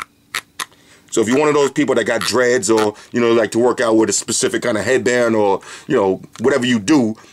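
The headband slider of a pair of Bolt Green Soul Combat+ Performance over-ear headphones is moved along the headphone yoke, giving two sharp detent clicks at about 0.4 s and 0.6 s as it locks into place at each step. After that, someone talks for the rest of the clip.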